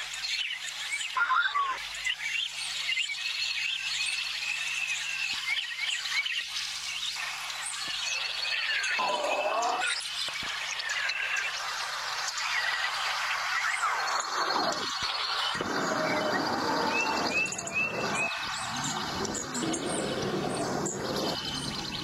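Birdsong fills a field recording, a dense tangle of bright chirps and squeaky calls that never pauses. Around the middle the calls grow louder and busier, with sharp squeals and downward-sweeping notes near fifteen seconds, and a faint low hum runs underneath.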